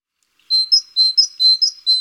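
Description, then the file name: Great tit song: bright two-note phrases, lower then slightly higher, repeated several times in quick succession after a short silence. Garden bird. "Oiseaux-des-jardins-Mésange-charbonnière"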